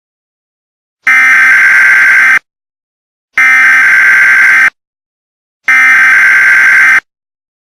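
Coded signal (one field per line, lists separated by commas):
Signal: Emergency Alert System (SAME) tones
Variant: header bursts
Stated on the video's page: Simulated EAS scenario about stolen trucks and nuclear materials.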